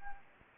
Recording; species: mosquito wingbeat signal from an infrared sensor; Anopheles gambiae